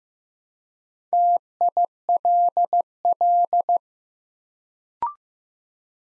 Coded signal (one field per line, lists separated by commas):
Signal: Morse code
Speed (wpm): 15 wpm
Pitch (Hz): 700 Hz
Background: none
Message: TILL